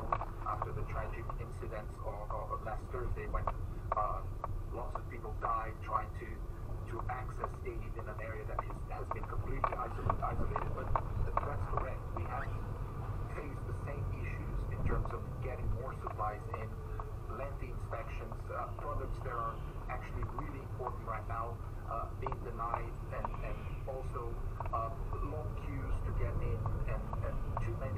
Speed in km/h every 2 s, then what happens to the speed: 6, 8, 6, 6, 8, 11, 11, 11, 8, 8, 8, 8, 8, 8.
0-28 steady at about 8.